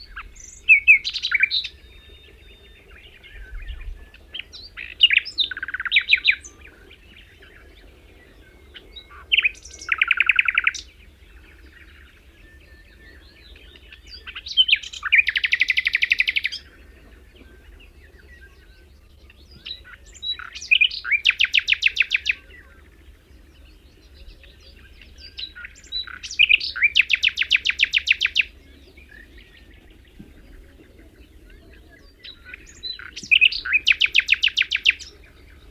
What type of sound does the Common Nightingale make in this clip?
song